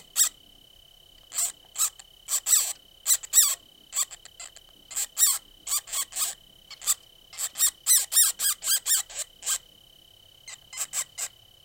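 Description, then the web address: Meadow vole squeaks, a fast series of short, sharp, high-pitched squeals in irregular bursts, some closely bunched, with a steady faint tone running behind them. "Wildlife Sounds. Meadow Vole"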